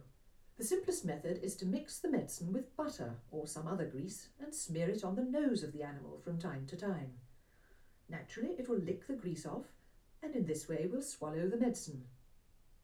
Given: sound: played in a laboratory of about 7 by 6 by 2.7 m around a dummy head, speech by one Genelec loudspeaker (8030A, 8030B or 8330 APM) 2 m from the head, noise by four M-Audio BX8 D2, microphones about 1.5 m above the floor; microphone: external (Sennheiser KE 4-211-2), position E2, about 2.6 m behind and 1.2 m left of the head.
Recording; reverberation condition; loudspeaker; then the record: female speech in English; low; 90 degrees to the right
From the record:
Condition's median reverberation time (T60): about 310 ms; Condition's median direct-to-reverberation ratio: about 3.5 dB